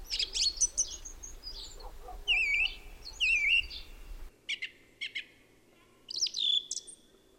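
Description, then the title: Song thrush repeating a wavering whistled phrase twice, among sharp high notes and short bursts, with a low rumble that stops partway. Song thrush singing, Peak District, during lockdown; described as the longest unbroken song ever heard by a thrush. "Thrush and wren, Peak District"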